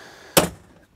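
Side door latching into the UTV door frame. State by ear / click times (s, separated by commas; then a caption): seated / 0.4 s. The lightweight metal-framed side door of a Can-Am Maverick X3 Max X RS Turbo RR UTV with Smart-Shox is shut into its door frame, giving a single sharp thunk at 0.4 s. The door latches tight, though the doors rattle, and there is no talk in the clip.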